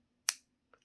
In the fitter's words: you'll hear a click noise.